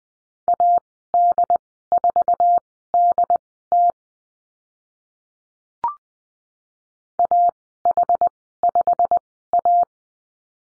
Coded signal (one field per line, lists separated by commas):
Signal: Morse code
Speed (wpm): 20 wpm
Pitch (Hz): 700 Hz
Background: none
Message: AD4DT AH5A